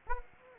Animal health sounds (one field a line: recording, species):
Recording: mosquito wingbeat signal from an infrared sensor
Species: Anopheles gambiae